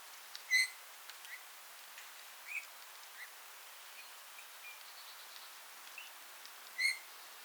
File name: Pyrrhula pyrrhula